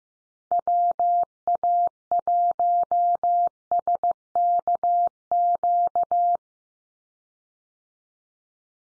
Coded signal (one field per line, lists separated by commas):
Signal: Morse code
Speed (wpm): 15 wpm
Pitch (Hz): 700 Hz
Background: none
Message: WA1SKQ